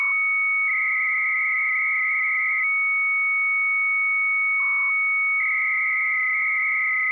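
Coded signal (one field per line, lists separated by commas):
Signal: 300-baud modem data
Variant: Bell 103, 300 baud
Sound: two steady pure tones, high and mid, with short warbling data bursts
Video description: Here’s a practical demonstration of a program called Minimodem, which I’m using to talk to a BBS at 300 bits per second using the Bell 103 modulation scheme.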